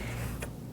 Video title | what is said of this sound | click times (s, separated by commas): Compare Quilter's Evolution Machine Quilting Frames | and it just pops right in there really nicely then | 0.4 s